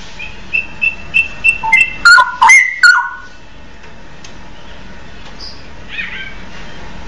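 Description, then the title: Oriental magpie-robin song: a series of short piping notes growing louder into a loud, rich whistled flourish, then quiet hiss. "Kicau Kacer"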